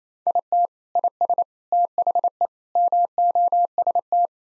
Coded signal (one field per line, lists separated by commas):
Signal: Morse code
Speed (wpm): 28 wpm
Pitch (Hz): 700 Hz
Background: none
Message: IT IS THE MOST